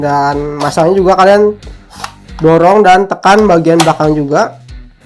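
Brad nails have been loaded into a Mollar F5040 air-compressor brad nailer, and the back of the magazine pusher is being pushed in toward the nail gun magazine while someone talks over music. The clip ends before the pusher clicks shut, and nothing has seated or clicked yet.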